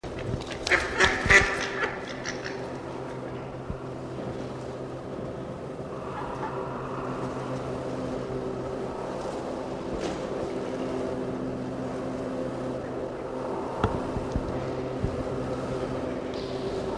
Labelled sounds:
Philippine Duck (Anas luzonica) call
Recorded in captivity
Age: adult
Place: Zoo Berlin, Berlin, DE
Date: 1988-12-28 10:10
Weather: overcast, 6-7°C
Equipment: Nagra SN
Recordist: Tembrock, Günter

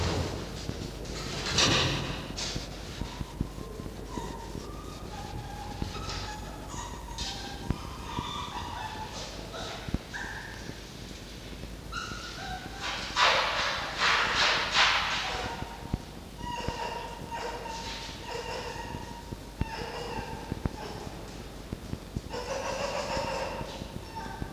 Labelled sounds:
Red Fox (Vulpes vulpes)
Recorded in captivity
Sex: group
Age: diverse
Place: Zoologisches Institut der HUB, Berlin, DE
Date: 1952-07-23 17:00
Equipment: Elmetra
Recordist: Tembrock, Günter
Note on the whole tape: Jupp (Spiel mit Toni): offenes Knurren; Fiffi: Muffen (mit Fleisch); Jupp: Muffen (mit Fleisch); Welpe Toni: winselndes "ri-ri-ri"(Übergang) (wird von Jupp bei Fleischübergabe bestiegen)

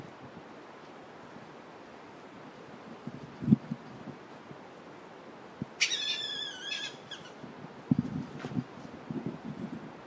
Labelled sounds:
Beech Marten (Martes foina) call
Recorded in the wild
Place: Kloster, Insel Hiddensee, Mecklenburg-Vorpommern, DE
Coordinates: 54.5864, 13.1039
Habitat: urban place
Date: 2012-09-08 20:52
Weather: 15°C, strong wind
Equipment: Sound Devices 702, Sennheiser MKH 415 T, Rhode Windschutz
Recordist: Frommolt, Karl-Heinz

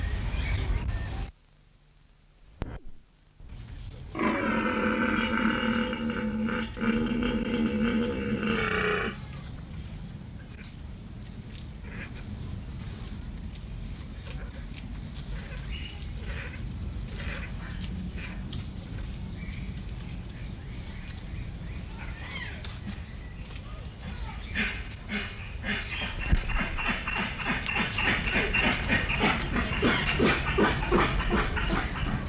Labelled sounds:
Père David's Deer (Elaphurus davidianus) rut call
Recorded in captivity
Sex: male
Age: adult
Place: Zoo Halle, Sachsen-Anhalt, DE
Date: 1978-07-12 13:03
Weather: sunny, 26°C
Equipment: Uher CR 210, Sennheiser MD 421, Kopie Uher 4200
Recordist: Tembrock, Günter

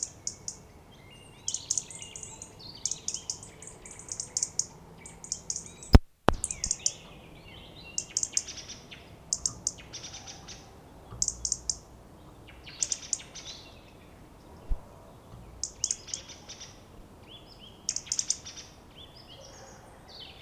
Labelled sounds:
European Robin (Erithacus rubecula) call
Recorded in the wild
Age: adult
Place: Kalchreuth, Bayern, DE
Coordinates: 49.5758, 11.1317
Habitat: pond
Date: 1962-04-30
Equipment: Original, Vollspur
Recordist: Tretzel, Erwin

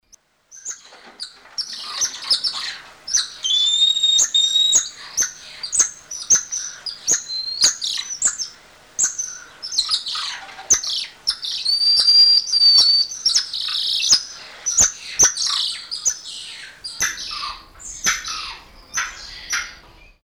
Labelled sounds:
Golden Lion Tamarin (Leontopithecus rosalia)
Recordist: Tembrock, Günter
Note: Laute einer Gruppe

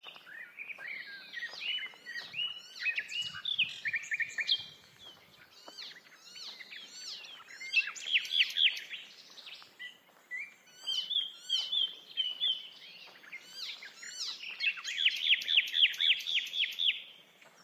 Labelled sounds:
Icterine Warbler (Hippolais icterina) song
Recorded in the wild
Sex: male
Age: adult
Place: Hobrechtsfelder Rieselfelder, Naturpark Barnim, Berlin, DE
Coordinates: 52.6661, 13.4692
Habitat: poplar grove
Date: 2011-06-12
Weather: sunny, 20°C, windless
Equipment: Sound Devices 702, Sennheiser MKH 70, Rycote Windschutz
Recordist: Frommolt, Karl-Heinz

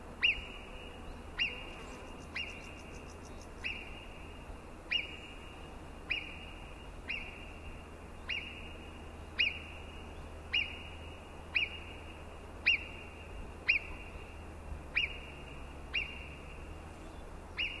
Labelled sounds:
Alpine Marmot (Marmota marmota) alarm call
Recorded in the wild
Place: Brand, Alpen, Vorarlberg, AT
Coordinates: 47.0958, 9.71139
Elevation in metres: 1420
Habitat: alp
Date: 2010-07-20
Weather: fair, 20°C, weak winds
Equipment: Sound Devices 702, Sennheiser MKH 70, Rycote Windschutz
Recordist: Frommolt, Karl-Heinz

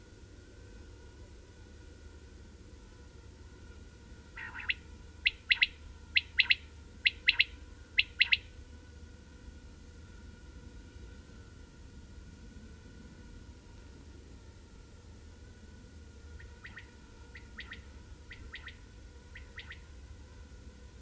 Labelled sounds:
Common Quail (Coturnix coturnix) call
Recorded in the wild
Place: Zicker, Insel Rügen, Mecklenburg-Vorpommern, DE
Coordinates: 54.296, 13.683
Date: 1971-07-22 21:00
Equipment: Nagra III BH, Sennheiser MD 21, parabola
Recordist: Schubert, Michael
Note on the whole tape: Rufe Wachtel, mit 2. Expl. im Wechsel

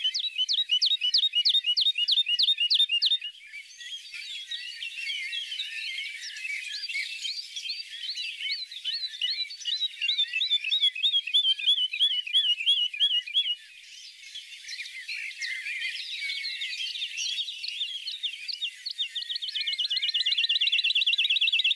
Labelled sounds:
Wood Lark (Lullula arborea) song
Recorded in the wild
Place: Oberrotweil am Kaiserstuhl, Baden-Württemberg, DE
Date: 1980-06-17
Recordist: Schwarz, Dieter

